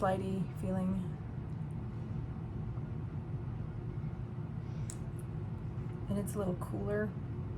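A cosmetic container's cap is handled during makeup application while someone talks over a steady low hum. Brief sharp sounds occur near 4.9 s, but the cap has not clicked shut or seated yet.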